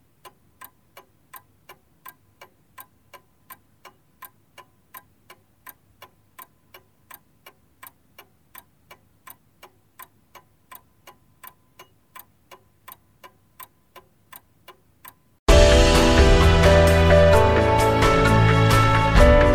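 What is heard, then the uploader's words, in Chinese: A clock ticks steadily, sharp light clicks about twice a second, close and dry against near silence. At around fifteen seconds a loud, dense wash of sound with sustained tones abruptly cuts in and continues to the end. Clock Sound effect: Clock Ticking。時鐘滴答滴答。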